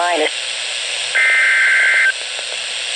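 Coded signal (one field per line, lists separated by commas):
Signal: Emergency Alert System (SAME) tones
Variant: header bursts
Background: speech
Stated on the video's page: Severe Thunderstorm Warning EAS alert from weather radio station WXJ87, Madison, WI.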